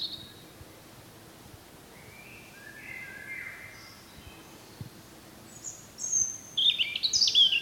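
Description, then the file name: European robin song: faint high thin notes early, then a bright tumbling phrase of very high, squeaky trills in the final two seconds. "Erithacus rubecula"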